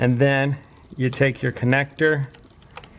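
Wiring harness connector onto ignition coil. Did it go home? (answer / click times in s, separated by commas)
no / none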